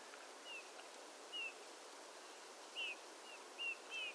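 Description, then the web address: European robin song: six brief, falling whistled notes, the later ones doubled and closer together, against a constant hissing background. Song given by the robin in flight. "il canto del pettirosso durante il volo"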